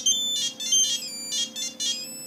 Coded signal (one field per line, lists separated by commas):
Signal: none